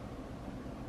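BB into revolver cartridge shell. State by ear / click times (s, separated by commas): not seated / none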